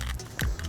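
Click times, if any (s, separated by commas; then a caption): 0.4 s. A CREE LED circuit board for the rear center dome light of a 2015–2020 Ford F-150 and 2017–2022 Super Duty is pushed back into its plastic dome light housing, under the retaining clips. A sharp click at 0.4 s, among a few fainter ticks, marks the board seating and locking into place.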